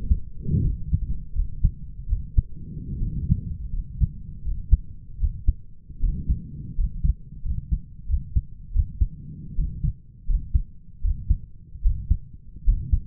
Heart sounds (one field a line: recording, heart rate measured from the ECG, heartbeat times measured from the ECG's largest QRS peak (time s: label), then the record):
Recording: heart sounds by stethoscope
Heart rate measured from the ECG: 80 bpm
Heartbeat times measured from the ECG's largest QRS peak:
0.63 s: heartbeat
1.34 s: heartbeat
2.08 s: heartbeat
3.00 s: heartbeat
3.72 s: heartbeat
4.43 s: heartbeat
5.19 s: heartbeat
6.01 s: heartbeat
6.77 s: heartbeat
7.44 s: heartbeat
8.08 s: heartbeat
8.74 s: heartbeat
9.57 s: heartbeat
10.27 s: heartbeat
11.03 s: heartbeat
11.83 s: heartbeat
12.66 s: heartbeat
From the record:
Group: healthy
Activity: rest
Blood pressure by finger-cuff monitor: 130/81 mmHg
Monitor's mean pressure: 95 mmHg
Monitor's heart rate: 81 bpm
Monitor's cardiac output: 6.5 L/min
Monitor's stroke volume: 80 mL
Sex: male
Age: 22 years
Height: 181 cm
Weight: 60 kg